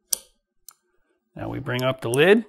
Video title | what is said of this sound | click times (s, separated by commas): How to: Use a High Precision Fiber Cleaver | so that's how it's done put this down until it clicks push this through now | 0.1 s